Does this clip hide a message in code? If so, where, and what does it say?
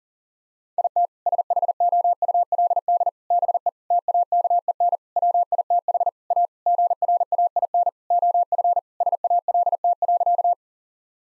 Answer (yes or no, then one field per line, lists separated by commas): yes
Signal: Morse code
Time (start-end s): 0.8-10.5 s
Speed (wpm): 40 wpm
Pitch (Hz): 700 Hz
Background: none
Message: IT SHOULD BE TAKEN WITH A GRAIN OF SALT.